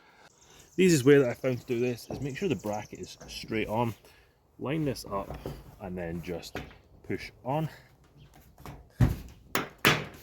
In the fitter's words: That's the click. That's secured.